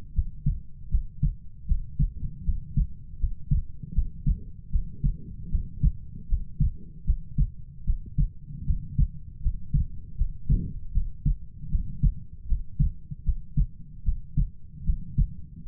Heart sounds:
heart sounds by stethoscope; 77 bpm
0.13 s: heartbeat
0.89 s: heartbeat
1.66 s: heartbeat
2.43 s: heartbeat
3.18 s: heartbeat
3.93 s: heartbeat
4.70 s: heartbeat
5.49 s: heartbeat
6.27 s: heartbeat
7.04 s: heartbeat
7.84 s: heartbeat
8.65 s: heartbeat
9.41 s: heartbeat
10.16 s: heartbeat
10.92 s: heartbeat
11.69 s: heartbeat
12.46 s: heartbeat
13.23 s: heartbeat
14.03 s: heartbeat
14.84 s: heartbeat
15.63 s: heartbeat
From the record:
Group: healthy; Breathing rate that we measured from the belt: 19 breaths a minute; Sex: female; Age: 19 years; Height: 163 cm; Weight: 48.9 kg

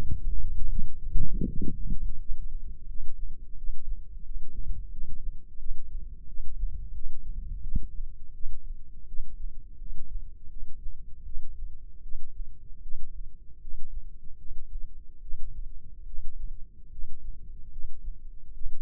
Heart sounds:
heart sounds by microphone in the left ear; 81 bpm
0.68 s: heartbeat
1.46 s: heartbeat
2.18 s: heartbeat
2.86 s: heartbeat
3.55 s: heartbeat
4.22 s: heartbeat
4.90 s: heartbeat
5.58 s: heartbeat
6.26 s: heartbeat
6.92 s: heartbeat
7.61 s: heartbeat
8.32 s: heartbeat
9.06 s: heartbeat
9.78 s: heartbeat
10.49 s: heartbeat
11.24 s: heartbeat
12.01 s: heartbeat
12.81 s: heartbeat
13.59 s: heartbeat
14.37 s: heartbeat
15.20 s: heartbeat
16.05 s: heartbeat
16.90 s: heartbeat
17.70 s: heartbeat
18.52 s: heartbeat
From the record:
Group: healthy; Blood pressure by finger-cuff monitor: 105/72 mmHg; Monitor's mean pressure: 83 mmHg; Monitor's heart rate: 86 bpm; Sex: female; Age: 19 years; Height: 163 cm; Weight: 51 kg

